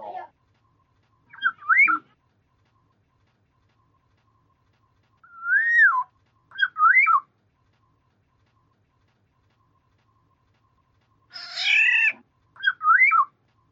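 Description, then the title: Black-naped oriole singing short, liquid whistled phrases of two or three notes, the last introduced by a harsh nasal note; phrases come about three times. "Kepodang"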